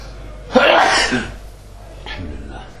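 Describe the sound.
A single loud, explosive sneeze bursts out during a lesson on hadith terminology, with a sharp onset and a breathy, hissing tail, followed by a short softer exhale and faint voices.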